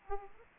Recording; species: mosquito wingbeat signal from an infrared sensor; Aedes aegypti